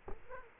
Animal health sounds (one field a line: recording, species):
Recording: mosquito wingbeat signal from an infrared sensor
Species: Culex quinquefasciatus